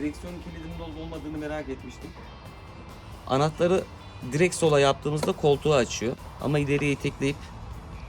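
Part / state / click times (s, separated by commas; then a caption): steering lock of an electric bike's handlebar column / not seated / none. On a Volta Apec APS2 electric bike, the key is being handled at the steering lock of the handlebar column while someone talks over background music. The steering lock has not engaged yet and nothing has clicked into place by the end of the clip.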